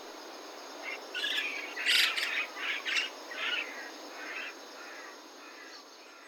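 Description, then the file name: Chestnut-cheeked starling calls: a busy run of harsh, scratchy chattering notes that peaks midway and then fades, with a steady high hiss behind. Recorded at a retarding basin on 19 August 2021. "コムクドリ 210819 第一調節池"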